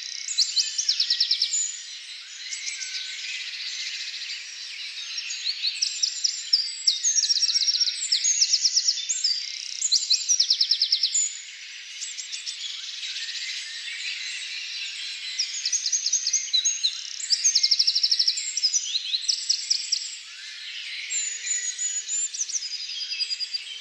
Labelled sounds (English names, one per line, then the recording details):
Eurasian Wren song
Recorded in the wild
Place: Lilienhof / Kaiserstuhl, Baden-Württemberg, DE
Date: 2000-04-16
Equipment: MiniDisc Sharp MT 20 H
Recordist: Schwarz, Dieter